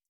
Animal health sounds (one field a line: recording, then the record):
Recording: hydrophone in a shrimp aquaculture tank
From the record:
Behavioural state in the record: stressed